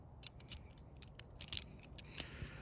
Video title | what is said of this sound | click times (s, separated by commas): GOAT Multitool - Slingshot | So now that's locked into place and we can install the rubber bands. | 0.4 s, 2.0 s